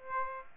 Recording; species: mosquito wingbeat signal from an infrared sensor; Aedes aegypti